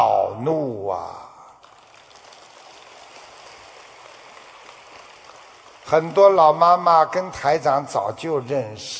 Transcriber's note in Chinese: 掌声